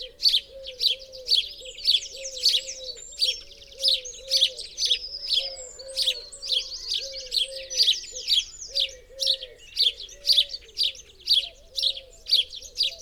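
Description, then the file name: House sparrow chirps repeated about twice a second, with a stretch of faster twittering in the middle and a low warbling tone underneath. "Passer domesticus"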